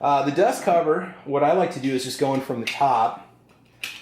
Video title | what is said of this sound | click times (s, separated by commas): How to clean the AMD 63 and AMD 65 | and just push in, and it does snap into place. | 3.8 s